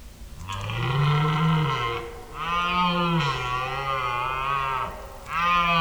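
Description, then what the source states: Red deer rutting calls: three deep, drawn-out harmonic bellows in close succession, the second the longest, the last cut off at the end. Wild males calling at night during the mating season near Uppsala, calling out for females and defending territory; heard on the first night out.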